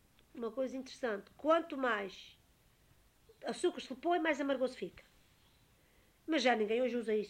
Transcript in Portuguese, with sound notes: uma coisa interessante: quanto mais açúcar se lhe põe, mais amargoso fica. [pausa] Mas já ninguém hoje usa isso.